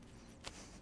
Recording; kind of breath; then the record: one breath in and out by a microphone near the nose and mouth; strong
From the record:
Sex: male